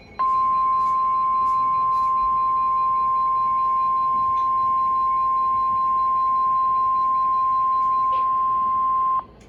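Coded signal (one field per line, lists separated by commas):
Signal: Emergency Alert System (SAME) tones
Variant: 1050 Hz attention tone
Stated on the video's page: Severe Thunderstorm Warning on NOAA weather radio station in Columbus, Ohio.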